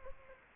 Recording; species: mosquito wingbeat signal from an infrared sensor; Aedes aegypti